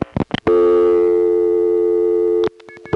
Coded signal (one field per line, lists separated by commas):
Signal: telephone call progress tone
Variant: North America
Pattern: dial tone